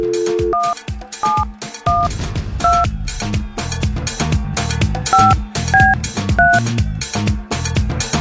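Short two-pitched telephone tones beep about eight times at uneven intervals, sounding like a call being placed, over steady, loud music with a heavy bass beat.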